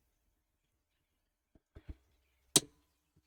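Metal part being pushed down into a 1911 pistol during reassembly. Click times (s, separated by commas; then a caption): 2.6 s. A metal part is pushed down as far as it will go, then a little further, during reassembly of a stainless Kimber 1911 pistol. A few faint taps at about 1.6, 1.8 and 1.9 seconds lead to a single sharp, bright click at 2.6 seconds as the part seats in place.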